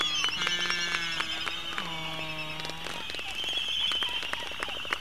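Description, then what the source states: Albatross calls: low, harmonic, drawn-out moaning notes over a busy chorus of higher calls and rapid bill clicks. Recorded on Midway Island; called gooney birds.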